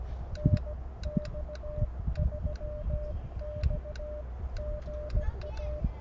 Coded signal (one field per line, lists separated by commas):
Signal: Morse code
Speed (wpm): 16 wpm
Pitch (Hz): 600 Hz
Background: none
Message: NX3X GA